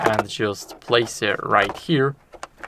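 Someone talks while the plastic dust compartment of a Xiaomi Robot Vacuum H50 Pro, with a new HEPA filter fitted, is placed back into the robot vacuum's open case. Brief, sharp handling knocks follow at about 2.4 s and 2.6 s. Nothing has seated or clicked yet.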